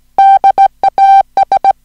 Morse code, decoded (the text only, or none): DAS